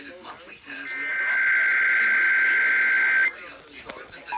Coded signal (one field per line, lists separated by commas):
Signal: Emergency Alert System (SAME) tones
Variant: header bursts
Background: speech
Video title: DC Monthly June 2021: Two stations at one time, a TN mock, and some HD subchannels(EAS 1,228-1,256)